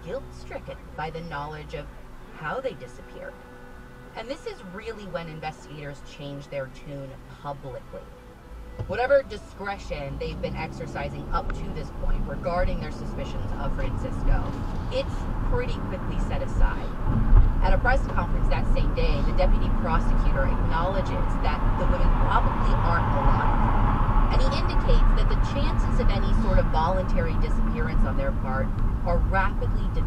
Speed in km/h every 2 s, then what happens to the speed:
0, 0, 0, 0, 0, 10, 19, 29, 34, 42, 50, 52, 52, 53, 42.
0-9 standing. 9-26 pulls away to 53. 26-30 brakes to 42.